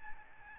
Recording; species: mosquito wingbeat signal from an infrared sensor; Aedes albopictus